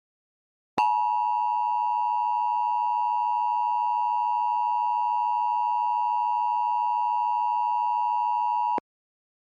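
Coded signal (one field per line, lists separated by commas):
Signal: Emergency Alert System (SAME) tones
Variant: 853 and 960 Hz attention tone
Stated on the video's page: Fictional Hawaii hurricane scenario with simulated alerts modelled on real alerts from past tropical cyclones.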